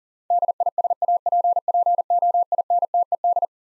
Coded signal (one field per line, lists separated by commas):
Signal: Morse code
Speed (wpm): 40 wpm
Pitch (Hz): 700 Hz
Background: none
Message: DISAPPOINTED